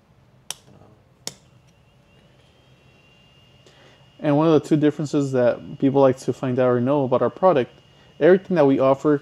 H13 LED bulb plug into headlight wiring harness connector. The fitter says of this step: Okay, let's plug in the LED. And I want you guys to hear also the click.